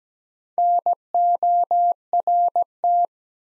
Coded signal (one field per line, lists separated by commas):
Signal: Morse code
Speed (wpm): 17 wpm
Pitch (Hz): 700 Hz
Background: none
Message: NORT